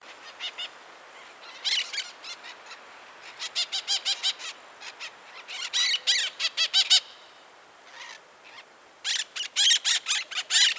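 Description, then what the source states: White-eyed parakeet calls: harsh, grating screeches in rapid bursts of several notes, pausing between groups, with a steady faint high hiss behind. Calls given in flight.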